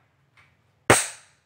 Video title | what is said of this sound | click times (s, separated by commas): Makro Racer 2 Metal Detector How to use in Hindi , makro, metal detecting, makro racer 2 | है, lock हो गया। | 0.9 s